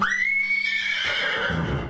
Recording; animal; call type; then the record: contact call of a hoofed animal; horse; whinny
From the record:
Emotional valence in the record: negative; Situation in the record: group separation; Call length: 1.89 s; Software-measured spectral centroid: 2270 Hz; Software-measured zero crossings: 3670 a second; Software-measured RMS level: -24 dBFS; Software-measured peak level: -11 dBFS